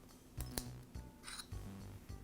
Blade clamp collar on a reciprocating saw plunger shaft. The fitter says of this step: again I'll rotate the collar clockwise until it locks in place now